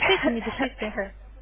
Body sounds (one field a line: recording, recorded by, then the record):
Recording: voluntary cough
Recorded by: telephone call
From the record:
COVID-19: positive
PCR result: self-reported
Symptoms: no